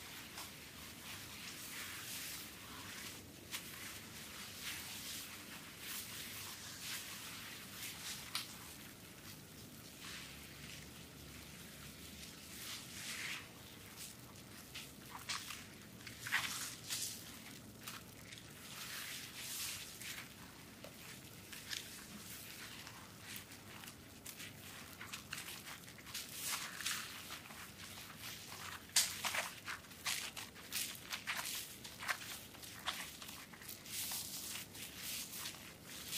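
A soap massage: a continuous run of soft, wet squishing and rubbing sounds, dense and crackly with a bright hiss. Strokes follow one another at an uneven pace throughout, with a few sharper, louder squelches around 16 and 29 seconds.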